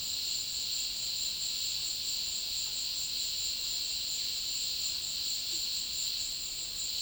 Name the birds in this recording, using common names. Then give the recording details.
none. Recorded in dense forest near Puerto Asís, Putumayo, Colombia, on 21 February 2024 at 17:00. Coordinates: 0.502, -76.324. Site G6370